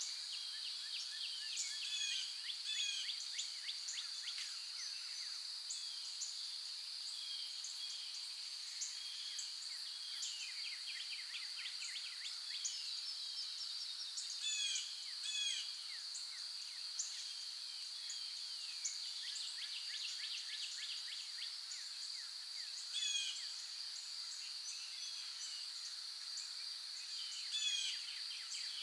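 Birds and insects in the morning: a steady, high insect drone runs unbroken through the whole recording. Over it, many small bird chirps and trills come thick and fast, some clear, with no low sounds underneath.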